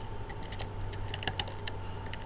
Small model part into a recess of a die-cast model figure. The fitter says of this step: with that snapped into place next we're going to move towards the bottom here